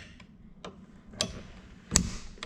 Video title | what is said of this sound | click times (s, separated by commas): 85 Pontiac 6000 wagon: Maintenance and NOS parts | Then they shove up until they click. | 1.2 s, 2.0 s